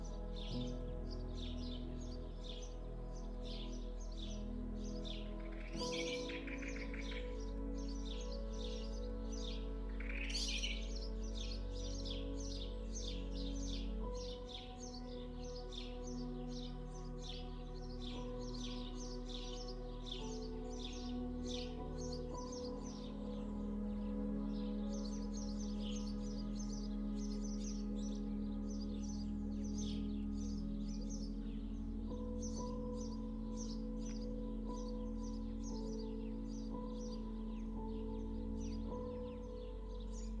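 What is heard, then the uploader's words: Countryside birds chirp in quick, dense bursts throughout over sustained low musical tones that shift in pitch, with brief rising swoops near 6 and 10 seconds. COUNTRYSIDE Sounds and the Sweetness of MUSIC.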